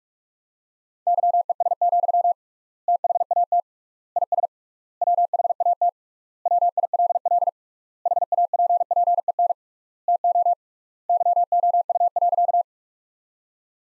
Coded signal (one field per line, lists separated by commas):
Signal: Morse code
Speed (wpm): 43 wpm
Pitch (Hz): 700 Hz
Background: none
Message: YES, THAT IS WHAT WILL HAPPEN TO YOU.